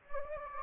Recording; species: mosquito wingbeat signal from an infrared sensor; Anopheles gambiae